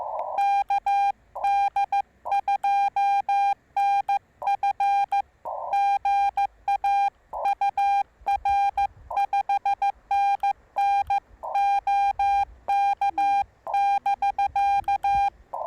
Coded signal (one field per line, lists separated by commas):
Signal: Morse code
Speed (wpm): 14 wpm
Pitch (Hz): 810 Hz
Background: none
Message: KD2NF GA UR 5NN OK <BK>